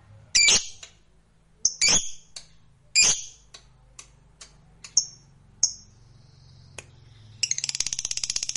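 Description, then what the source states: Lovebird giving several loud harsh shrieks and high squeaks, then breaking into a fast buzzy rattling trill. Fighter-type lovebird singing energetically (gacor).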